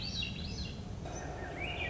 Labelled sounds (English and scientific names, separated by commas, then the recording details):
Swainson's Thrush (Catharus ustulatus)
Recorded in Sonoma County, California